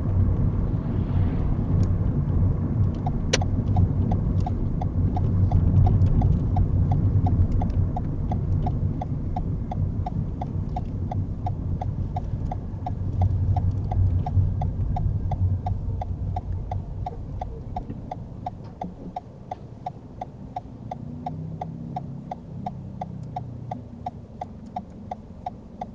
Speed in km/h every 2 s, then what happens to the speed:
35, 32, 31, 27, 23, 19, 15, 10, 0, 0, 0, 0, 0.
0-16 slows to 0. 16-26 standing.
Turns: none.